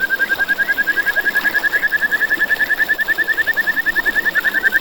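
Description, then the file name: Kajika frog calling steadily, a rapid, very regular series of clear pulsed notes, several each second, running through the whole stretch over soft background hiss. "buergeri"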